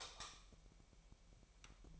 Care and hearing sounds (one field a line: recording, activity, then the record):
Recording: daily activity, microphone in the room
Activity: light off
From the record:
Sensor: 1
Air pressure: 1001.9 hPa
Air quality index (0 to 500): 247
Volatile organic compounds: 50 ppm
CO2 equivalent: 3303 ppm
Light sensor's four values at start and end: 9/27/10/12 and 5/11/4/5